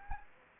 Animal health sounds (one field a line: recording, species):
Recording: mosquito wingbeat signal from an infrared sensor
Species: Anopheles arabiensis